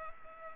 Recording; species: mosquito wingbeat signal from an infrared sensor; Culex pipiens